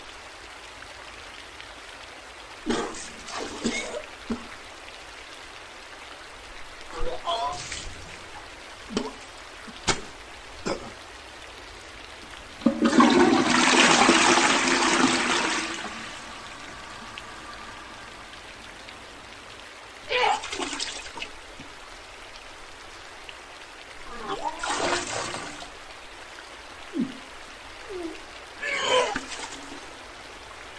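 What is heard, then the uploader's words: Puking sounds come in short, harsh bursts every few seconds, with one long, loud retch and splash around 13 to 15 seconds. Wet spatters and liquid hitting water follow the heaves, and a low steady hum runs underneath throughout. This is literally puking sounds for an hour with a backdrop.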